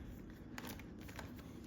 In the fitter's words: it clicked into place and you know it's in place cuz you can't pull up on it okay you can't pull up on it